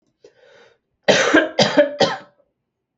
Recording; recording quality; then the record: heavy voluntary cough; excellent, no background noise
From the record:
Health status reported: healthy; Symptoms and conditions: none ticked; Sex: male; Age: 25 years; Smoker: yes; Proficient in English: yes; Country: Canada